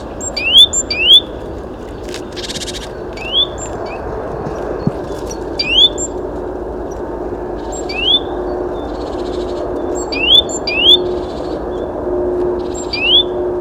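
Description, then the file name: Great tit calls: short, bright upward-sweeping notes, often in quick pairs, repeated at irregular intervals, with a brief rustling burst and a constant low rumble beneath. "Parus major"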